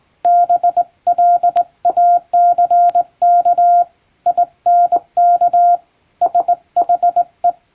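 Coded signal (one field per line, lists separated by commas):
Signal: Morse code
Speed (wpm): 20 wpm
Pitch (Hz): 700 Hz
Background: none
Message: BLACK INK SHE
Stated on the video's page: Hand-sent English-language radiogram practice in Morse on a JRC marine telegraph key, the type favoured by ship radio operators.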